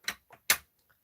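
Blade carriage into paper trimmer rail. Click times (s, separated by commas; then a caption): 0.5 s. A plastic blade carriage is lined up with the groove on a Stampin' Up! paper trimmer's rail and pushed in. Two lighter knocks near 0.1 s and 0.3 s lead to a sharp, loud click at 0.5 s, followed by a faint tick around 0.9 s. The carriage snaps into place on the rail and does not fall out of the gap.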